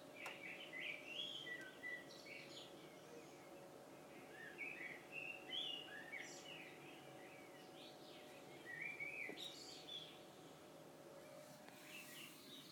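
Common blackbird singing faint, varied warbled phrases with fluty and chirping notes, repeated at short intervals over a steady background hum and hiss.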